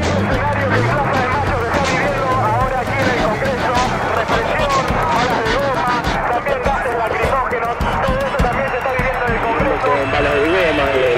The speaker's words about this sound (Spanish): Atención, que fue adelante la Policía Federal con gases lacrimógenos, también lanzando agua. La gente va corriendo hacia la Avenida de Mayo y atrás corren los efectivos de la policía montada, corriendo detrás de la gente y se siguen escuchando tiros.